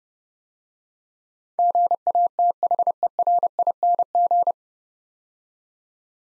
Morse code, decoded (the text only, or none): GATHERING